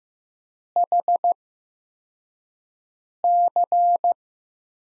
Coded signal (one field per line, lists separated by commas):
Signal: Morse code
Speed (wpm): 15 wpm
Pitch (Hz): 700 Hz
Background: none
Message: HC